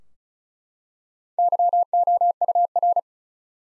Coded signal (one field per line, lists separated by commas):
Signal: Morse code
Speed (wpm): 34 wpm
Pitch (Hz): 700 Hz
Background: none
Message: YOUR